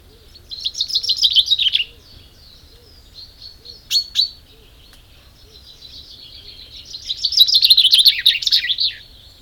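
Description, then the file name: Common chaffinch song: two bright, rattling phrases several seconds apart, the second longer, with a sharp click between them and faint chirps behind. "Fringilla coelebs"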